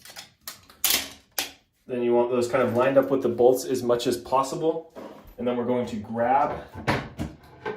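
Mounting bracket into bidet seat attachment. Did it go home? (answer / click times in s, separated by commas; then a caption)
yes / 0.5 s, 0.9 s, 1.4 s. A second plastic mounting bracket is pushed into a bidet seat attachment and clicks into place, with sharp clicks at 0.5, 0.9 and 1.4 seconds. After the clicks, someone talks. The bracket is seated.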